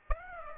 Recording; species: mosquito wingbeat signal from an infrared sensor; Aedes aegypti